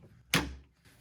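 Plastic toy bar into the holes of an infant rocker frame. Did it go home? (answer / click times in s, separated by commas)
yes / 0.3 s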